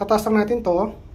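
Someone talks while handling an IMOU K2C smart lock on a door from outside, about to lift the door handle to engage the double lock and deadbolt. Only speech is heard, and nothing has clicked or seated yet by the end of the clip.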